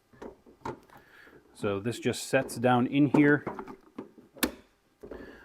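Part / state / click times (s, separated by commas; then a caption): instrument cluster component into cluster housing / seated / 4.4 s. A part of an OBS Ford instrument cluster is lowered and set down into its plastic cluster housing while someone talks. A sharp tick at 4.4 seconds marks the piece seating in place.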